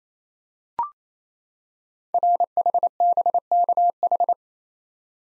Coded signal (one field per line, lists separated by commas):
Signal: Morse code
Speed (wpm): 28 wpm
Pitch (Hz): 700 Hz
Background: none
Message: RHBKH